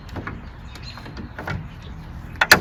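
A white plastic insert is worked into a new gloss black American Modified offroad grille on a 2021 Chevy Silverado Custom, with soft rubbing and handling sounds as it is pressed in. Two sharp, loud clicks ring out at 2.4 and 2.5 seconds as the insert snaps into place, fully seated.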